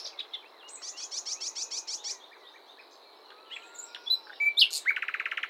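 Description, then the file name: Common nightingale song: a quick run of repeated chirping notes, a short pause, a few sharp whistles, then a fast dry rattling trill over steady background hiss. "Luscinia megarhynchos"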